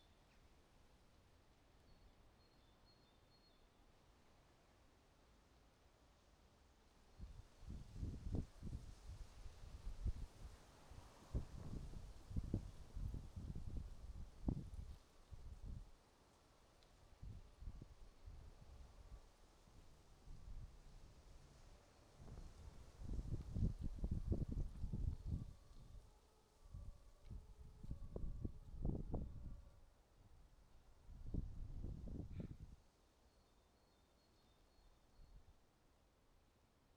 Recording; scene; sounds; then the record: everyday scene through a hearing-aid microphone; wind on the microphone; wind, traffic, siren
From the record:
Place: suburban garden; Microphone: in the ear canal, right